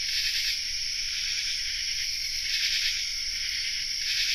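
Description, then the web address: Common true katydid chorus: a dense, steady high-pitched rasping hum from many insects, with faint swelling pulses of buzzy calls throughout. Chorus, North America. "Nature Songs N America Songs of Insects Common True Katydid chorus"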